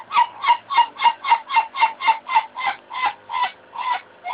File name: jenis bunyi ayam ketawa suara dangdut slow crystal